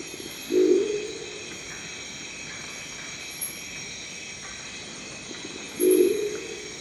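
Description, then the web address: Crested owl calls twice, each a brief low throaty growl, the pair roughly five seconds apart, with a continuous high-pitched hiss behind. "sound Crested-owl. صدای-جغد-کاکلی"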